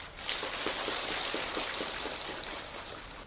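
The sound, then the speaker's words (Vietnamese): Heavy morning rain pours down in a dense, steady hiss, with a quick, regular patter of drips tapping through it. No one speaks. “Xin trân trọng kính chào tất cả quý hành giả trong một buổi sáng mưa tầm tã.”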